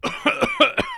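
A quick run of about five short, voiced coughs from an adult, packed into one second, each burst sharp with a slightly throaty, ringing edge. Plain coughing, with no wheeze or stridor between bursts.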